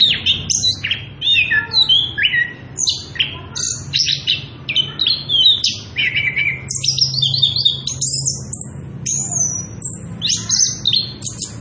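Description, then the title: Orange-headed thrush singing rich, rapid phrases of sweet whistles, sliding notes and quick chirps in a steady flow, accompanied by a faint low hum. Continuous rolling ngerol song at loud volume, used as a lure to stimulate other birds and as a tutor song for young birds. "Anis Kembang Gacor. pancingan anis kembang ngerol edan volume dasyattt cocok buat masteran trotolan"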